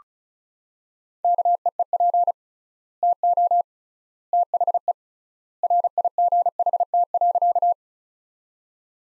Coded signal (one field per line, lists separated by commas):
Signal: Morse code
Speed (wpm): 36 wpm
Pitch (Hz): 700 Hz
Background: none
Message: KEEP TO THE RIGHT.